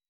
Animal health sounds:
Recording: hydrophone in a shrimp aquaculture tank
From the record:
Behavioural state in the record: weakened

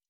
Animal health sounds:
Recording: hydrophone in a shrimp aquaculture tank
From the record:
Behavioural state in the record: stressed

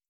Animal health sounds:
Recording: hydrophone in a shrimp aquaculture tank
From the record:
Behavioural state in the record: feeding

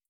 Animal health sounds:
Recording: hydrophone in a shrimp aquaculture tank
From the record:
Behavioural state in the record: starved

